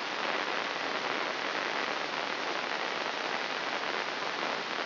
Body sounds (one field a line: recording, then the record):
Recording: brain microelectrode recording played as sound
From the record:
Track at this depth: inside the subthalamic nucleus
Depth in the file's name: 2.111 mm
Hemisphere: left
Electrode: 3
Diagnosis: Parkinson's disease